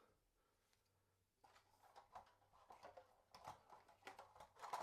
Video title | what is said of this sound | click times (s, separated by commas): How to Install 2" Blinds - Easy Peasy! | clip in like that until you hear it snap. | 4.1 s